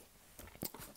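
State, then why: Seated. A plastic cartridge or cover is pushed into a handheld emulation console case and snaps into place with a short, sharp plastic click at 0.6 seconds, flanked by quieter handling knocks. The piece is seated and clipped in.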